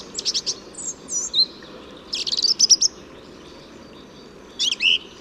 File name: Singdrossel Gesang